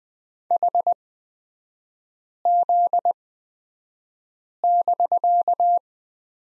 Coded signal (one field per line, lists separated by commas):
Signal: Morse code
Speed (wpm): 20 wpm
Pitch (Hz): 700 Hz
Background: none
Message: HZ<BK>